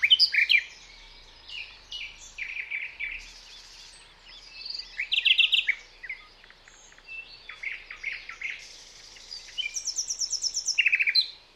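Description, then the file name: Common nightingale song in varied bursts of rich whistles and clicking notes, separated by short pauses, ending with fast runs of repeated notes. "Luscinia megarhynchos"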